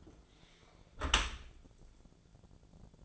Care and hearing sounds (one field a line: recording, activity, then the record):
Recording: daily activity, microphone in the room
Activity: close dishwasher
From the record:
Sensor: 5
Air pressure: 1000.6 hPa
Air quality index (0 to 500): 153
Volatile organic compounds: 2 ppm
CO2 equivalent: 1173 ppm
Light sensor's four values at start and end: 42/95/41/44 and 42/95/41/44